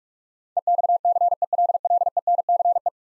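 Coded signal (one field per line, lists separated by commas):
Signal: Morse code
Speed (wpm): 44 wpm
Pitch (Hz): 700 Hz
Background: none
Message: EXCELLENCE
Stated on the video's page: Morse practice drill of ten-letter words sent at 45 wpm, each word sent twice.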